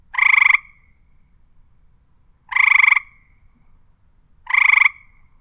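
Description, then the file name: Frog croaking: three short, pulsed, rattling croaks spaced about two seconds apart, with quiet between them. "Frog Croak Ambient"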